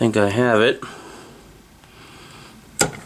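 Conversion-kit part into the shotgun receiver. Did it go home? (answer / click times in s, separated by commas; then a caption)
yes / 2.8 s. During a Saiga 12 shotgun conversion, a metal fire-control or retaining part from the conversion kit is pushed forward into the steel receiver while someone talks. After a quiet stretch, a sharp metallic click sounds at 2.8 s as the part seats and locks into place.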